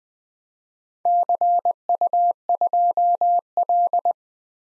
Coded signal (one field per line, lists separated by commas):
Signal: Morse code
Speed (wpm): 20 wpm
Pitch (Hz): 700 Hz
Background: none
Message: CU2L